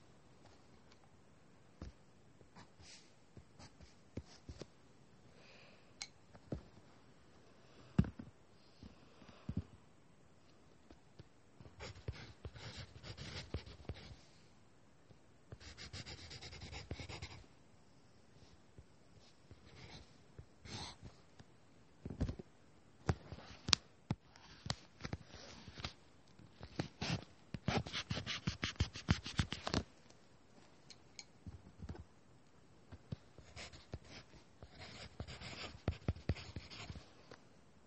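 Drawing and writing sounds: scratchy strokes of pen or pencil on paper come in short bursts and longer dragging passes, with sharp taps and clicks scattered throughout. Activity is uneven, with busier stretches around 12–17 and 23–30 seconds and quieter gaps between.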